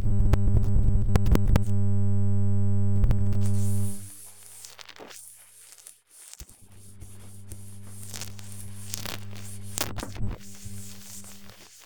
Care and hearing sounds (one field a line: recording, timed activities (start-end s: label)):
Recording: household activities, microphone on the right wrist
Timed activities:
0.00-11.86 s: cleaning the cupboard
0.00-11.86 s: kitchen